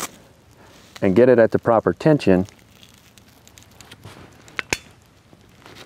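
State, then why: Seated. A tourniquet strap is pulled tight to take out all the slack, with faint crinkling and strap sounds after someone talks. It then clicks into its locking buckle with two sharp, loud clicks at 4.6 and 4.7 seconds, confirming the strap is seated with no slack left.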